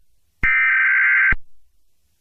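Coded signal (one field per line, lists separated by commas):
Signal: Emergency Alert System (SAME) tones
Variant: header bursts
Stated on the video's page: Fictional EAS scenario, simulated.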